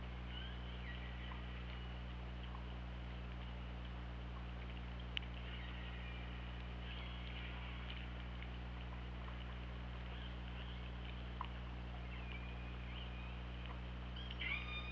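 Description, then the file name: Killer whale calls, several bright tonal cries with harmonics that bend and sweep through the recording, set against a constant low hum and steady hiss. OrcaLab, 24 August 2017, 21:06. "Orca Lab 20170824 210617"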